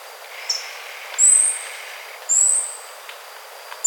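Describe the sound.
Bird calls: a few thin, high-pitched whistled notes, each brief and slightly sliding, roughly one second apart, over soft steady background noise.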